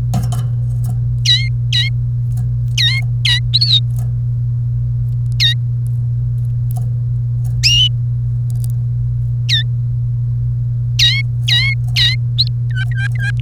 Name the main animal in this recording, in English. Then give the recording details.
Domestic Canary. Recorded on 1 May 2018 at 10:16. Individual llb3